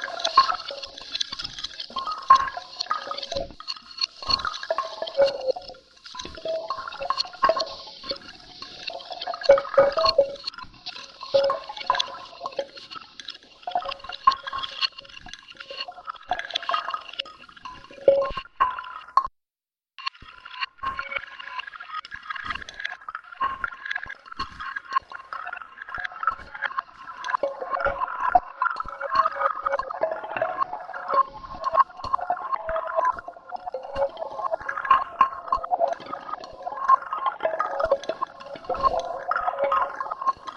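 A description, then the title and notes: Ice cubes clink, crack and shift continuously with wet, crisp ticks and drips, a brief silence near twenty seconds, then busier crackling. Another gloomy January weekend brightened by faffing with the sounds of ice cubes. Made a point of only selecting the clinks and rattles of the cubes suspended in the drink [water] for this year. I cut 30, small, percussive sections of clinking & set them away in a pattern in FruityLoops, a sort of gritty pulse punctuated with some lightly distorted samples and some pitched up or down a little.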